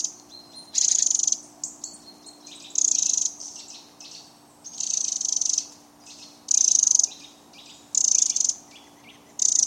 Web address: SETE Troglodytes troglodytes